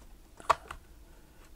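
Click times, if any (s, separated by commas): 0.5 s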